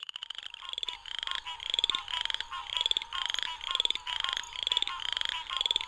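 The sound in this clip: Southern chorus frog calling, short rapid ratcheting trills repeated in quick succession, each trill a burst of fast clicks.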